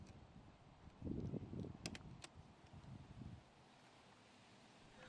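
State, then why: Not seated. On a Honda Odyssey front windshield wiper, the plastic flip-up adapter cover of a new wiper blade, hooked into the J-hook of the wiper arm, is pressed down by hand to try to close it. From about 1.0 to 3.4 s there are low rubbing and handling bumps, with sharp plastic ticks near 1.9, 2.0 and 2.2 s from pressing and handling. Nothing has clicked: the cover fails to snap shut because the larger cap from the package was needed.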